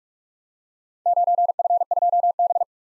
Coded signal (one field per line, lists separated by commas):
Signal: Morse code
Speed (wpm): 44 wpm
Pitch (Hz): 700 Hz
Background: none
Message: 9F2B